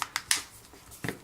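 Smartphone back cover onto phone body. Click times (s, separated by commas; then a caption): 0.2 s, 0.3 s. The plastic back panel of an LG G3 smartphone is pressed back onto the phone body, and its clips snap into place around the edge. Sharp snaps at 0.2 s and 0.3 s mark the cover seating, with a fainter click just before and another near 1.1 s. The cover ends up seated securely.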